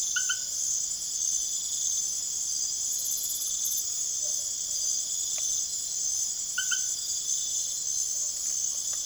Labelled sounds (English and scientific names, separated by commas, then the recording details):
none
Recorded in secondary vegetation near Puerto Asís, Putumayo, Colombia, on 22 June 2025 at 21:30
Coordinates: 0.489, -76.322
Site G021